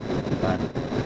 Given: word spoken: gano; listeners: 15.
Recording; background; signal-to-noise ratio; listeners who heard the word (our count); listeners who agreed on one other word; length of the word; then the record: one Spanish word in noise, from a listening test; noise modulated by three-talker babble; -4.4 dB; 0 of 15; 9 of 15; 0.66 s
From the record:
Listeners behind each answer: 9, 1, 1, 1, 1, 1, 1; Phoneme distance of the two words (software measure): 17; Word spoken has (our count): 2 syllables, 4 phonemes, stress on syllable 1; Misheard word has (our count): 1 syllable, 3 phonemes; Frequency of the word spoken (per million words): 2.41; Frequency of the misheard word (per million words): 77.24